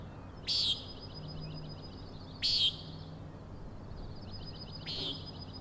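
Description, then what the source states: Common nighthawk calling three abrupt buzzy peents roughly two seconds apart, the last softer, against a continuous high pulsing trill. Three nighthawks (later one) peenting while flying in very close formation; Overlook, Schoodic Head, Acadia National Park, Winter Harbor, Maine; 16 June 2017, 4am.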